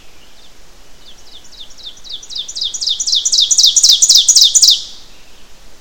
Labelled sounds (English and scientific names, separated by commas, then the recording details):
Ovenbird (Seiurus aurocapilla) song
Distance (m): 5 m
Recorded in boreal forest in Alberta, Canada, on 12 June 2016 at 07:07
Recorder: SongMeter 3, array SBT-3-18
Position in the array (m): 240 m, 83 m
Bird 31